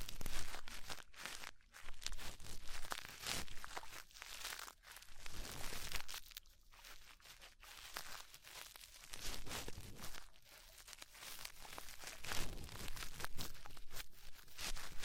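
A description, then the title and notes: Ear cleaning sounds: dense, bright crackling and crinkling scratches that rustle almost without pause. The texture keeps shifting in bursts, with brief quieter gaps around six and ten seconds. A low rumble sits underneath throughout. ASMR Deep Ear Cleaning Session.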